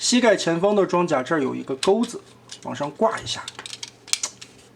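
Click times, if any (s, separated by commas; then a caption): 4.1 s. A plastic hook on the front knee armor of a TW1036 transforming robot toy, a Transformers Animated (08) Optimus Prime repair-captain figure, is hooked upward onto the foot piece while someone talks. A sharp plastic click at 4.1 s latches the foot in place, with smaller taps around it. The foot is now locked.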